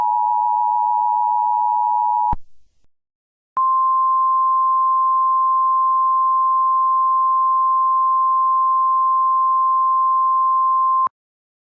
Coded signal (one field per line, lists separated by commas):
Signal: Emergency Alert System (SAME) tones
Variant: 853 and 960 Hz attention tone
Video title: EAS severe thunderstorm warning